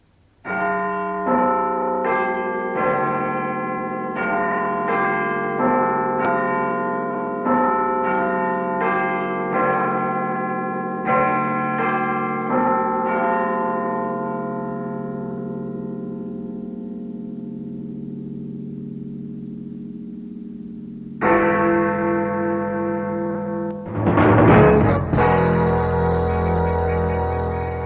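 Westminster chimes ring out on church bells, a steady melodic sequence of struck notes with long ringing overtones, followed near the end by a few louder, heavier strikes. No one speaks.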